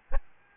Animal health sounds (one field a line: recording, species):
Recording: mosquito wingbeat signal from an infrared sensor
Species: Aedes albopictus